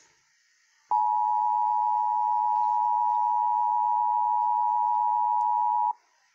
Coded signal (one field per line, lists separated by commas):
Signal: Emergency Alert System (SAME) tones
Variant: 853 and 960 Hz attention tone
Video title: EAS 328 NV RMT